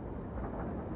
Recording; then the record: background sound without coughing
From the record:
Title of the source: Train Ride Ambience ambient white noise for sleeping, focus, studying, reading